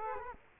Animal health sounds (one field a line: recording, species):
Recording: mosquito wingbeat signal from an infrared sensor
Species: Culex quinquefasciatus